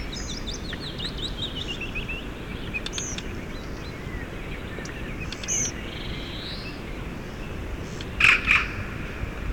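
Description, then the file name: Eurasian magpie giving two harsh, rasping chack notes near the end, after faint thin chirps and whistles from other small birds over steady low background rumble. "Pica pica"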